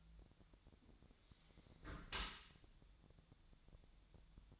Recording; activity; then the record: daily activity, microphone in the room; close dishwasher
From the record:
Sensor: 3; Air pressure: 1006.7 hPa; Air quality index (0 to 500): 207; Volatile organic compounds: 19 ppm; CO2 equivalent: 2643 ppm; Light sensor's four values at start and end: 11/25/10/10 and 11/25/10/10